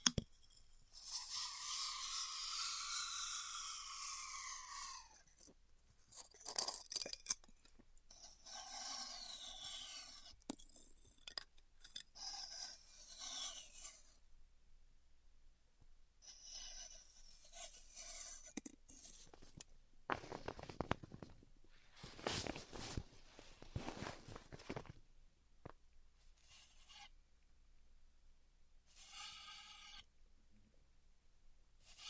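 Styrofoam heat cutting: a long, bright squealing rasp opens the clip for about five seconds, then gives way to short, irregular bursts of scraping and rubbing. A louder, denser stretch of rasping comes around twenty to twenty-five seconds, with quiet gaps between passes.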